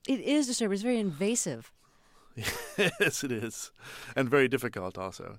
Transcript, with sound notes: It is disturbing. It's very invasive.
(LAUGHTER)
Yes, it is, and very difficult, also.